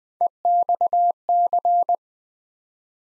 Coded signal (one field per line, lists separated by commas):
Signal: Morse code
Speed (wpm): 20 wpm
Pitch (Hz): 700 Hz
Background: none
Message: EXC